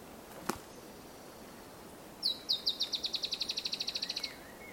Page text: Tiluchi Estriado (Drymophila malura) Diego Oscar